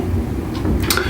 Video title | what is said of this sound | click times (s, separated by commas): sharps bin | by pushing the lid securely down until it locks into place | 0.9 s, 1.0 s